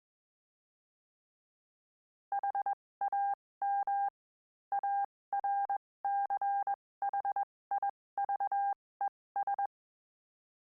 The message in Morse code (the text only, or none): HAM ARCHIVES